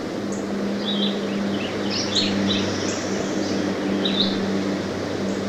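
Red-eyed vireo song, a few short slurred whistled phrases with brief gaps, over a constant low hum.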